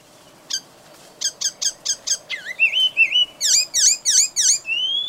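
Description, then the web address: Bird calls: a single sharp note, then a steady series of high chirps and looping, V-shaped notes repeated about three times a second, ending in a rising whistle. "ornitologiya slovar Ptichki"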